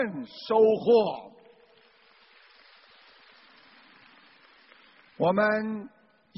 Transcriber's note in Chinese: 掌声